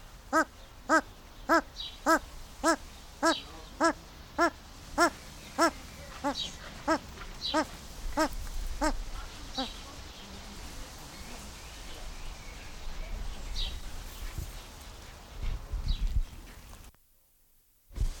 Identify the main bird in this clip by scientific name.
Tragopan blythii